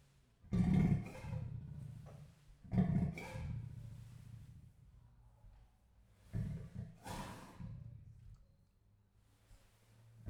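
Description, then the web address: Leopard sawing call: deep rasping grunts in two bursts of paired strokes, then a longer gap before a third rasping burst. Male leopard, captive in a zoo in Jászberény, recorded in 2016. "jaszberenyizoo 2016 professzionalis leopard"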